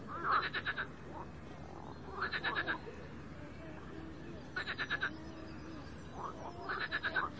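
Frog calling in brief rattling bursts of a few rapid pulses, spaced about two seconds apart, over soft background chirping.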